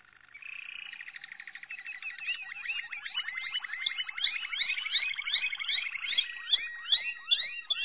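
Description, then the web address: Malinois canary singing a fast rolling trill that turns into a long series of quick rising swept notes, repeated about two or three times a second. "~joaopt canarios racas canto malinoisv"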